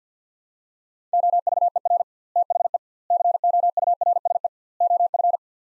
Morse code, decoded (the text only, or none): OVER THE COURSE OF